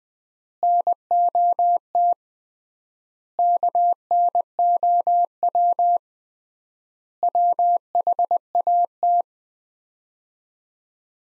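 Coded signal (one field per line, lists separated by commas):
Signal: Morse code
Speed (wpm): 21 wpm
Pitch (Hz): 700 Hz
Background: none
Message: NOT KNOW WHAT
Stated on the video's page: Morse code practice of five-word sets at 20 wpm with 3x word spacing (Farnsworth-like), each set sent, spoken, then sent again.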